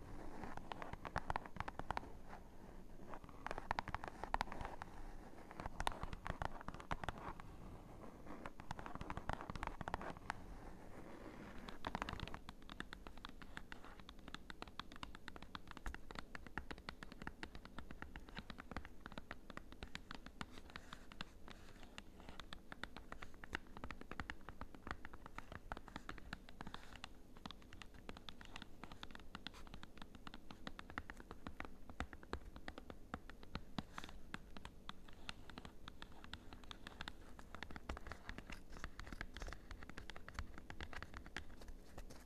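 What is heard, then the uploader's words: Cardboard taps in a dense, fast, uneven patter for the whole clip, fuller and more hollow for the first twelve seconds, then evener and lighter. ASMR Cardboard Taps! (No Talking).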